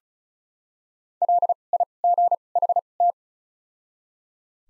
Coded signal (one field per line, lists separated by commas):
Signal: Morse code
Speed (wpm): 34 wpm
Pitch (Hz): 700 Hz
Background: none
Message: L I G H T